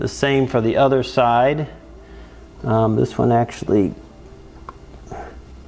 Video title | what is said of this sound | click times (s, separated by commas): Road King Special Stage 1 Upgrade - Part 1 - Screamin' Eagle Performance | and then they just kind of pop into place. | 4.7 s